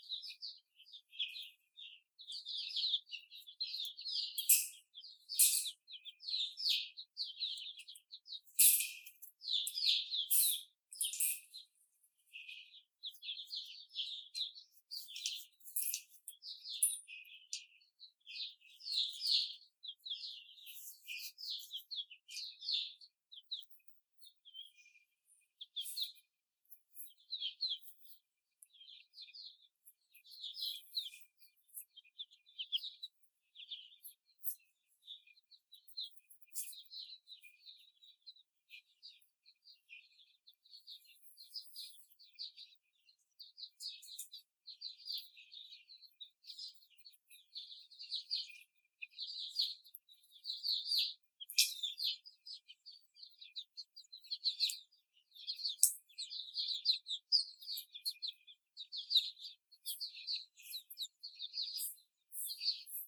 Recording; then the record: young laying hens in a cage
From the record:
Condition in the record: before the stressor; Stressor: simulated dog barking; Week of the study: 4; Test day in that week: 2